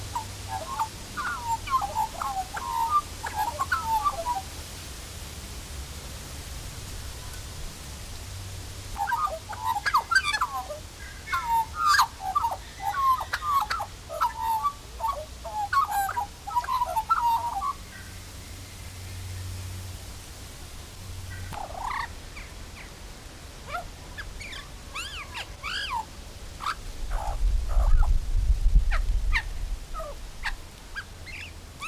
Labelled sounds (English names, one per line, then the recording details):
Australian Magpie
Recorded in captivity
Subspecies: hypoleuca
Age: adult
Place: Zoo Berlin, Berlin, DE
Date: 1998-10-17 12:31
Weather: fair, 14°C
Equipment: Sony MD-WM MZ-R3, Sennheiser MKH 416 T, Kopie Uher 4000 Report Monitor
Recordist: Tembrock, Günter